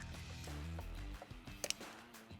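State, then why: Seated. A second pair of plastic wire harness connectors, on the other side of a Form Fusion Spyder trunk light installation, is pushed together male into female over background music. Two sharp clicks are heard at 1.6 s and 1.7 s as the connector snaps into its mating connector. The connector is seated.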